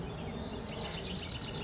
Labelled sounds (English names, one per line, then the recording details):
Western Flycatcher
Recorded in Sonoma County, California